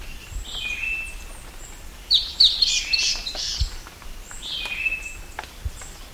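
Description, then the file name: Birds calling: downslurred whistles and a loud midway cluster of harsh chattering chirps, with faint high notes behind and occasional low knocks. "SABIOD 50 bird 2015"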